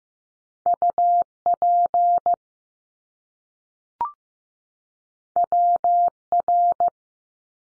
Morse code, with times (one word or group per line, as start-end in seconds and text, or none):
0.7-1.2 U
1.5-2.3 P
5.4-6.1 W
6.3-6.9 R